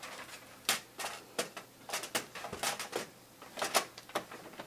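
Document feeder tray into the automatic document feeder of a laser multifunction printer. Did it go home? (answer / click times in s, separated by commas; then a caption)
yes / 0.7 s. A plastic document feeder tray is pushed into the duplexing automatic document feeder of a Lexmark X548dte 4-color laser multifunction printer and snaps into place with a sharp click at 0.7 s. A series of lighter plastic taps and knocks follows through the rest of the clip. The tray is seated.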